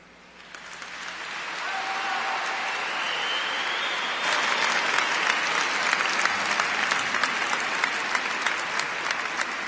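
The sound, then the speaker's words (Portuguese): An audience at a sermon by Padre Jonas Abib bursts into sustained applause, building quickly and then holding steady as a dense wash of clapping, growing slightly louder partway through with sharper individual claps standing out. “Bom, você aplaudiu e agora você aceitou o amor incondicional de Jesus por você.”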